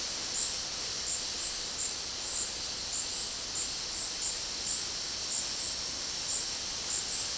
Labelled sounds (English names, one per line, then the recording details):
none
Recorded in dense forest near Puerto Asís, Putumayo, Colombia, on 21 February 2024 at 13:30
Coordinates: 0.485, -76.325
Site G6429